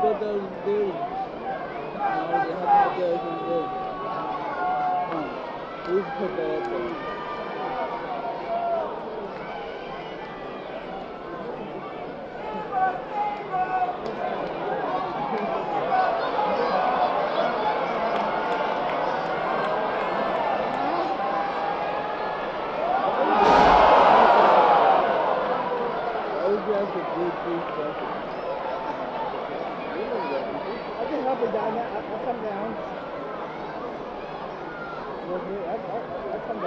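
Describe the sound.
A packed arena crowd roars and chants without letup, a dense wash of voices that swells in the middle stretch. Around 24 seconds a sudden loud burst erupts, then the noise settles back to a steady, echoing clamor of cheering and shouting.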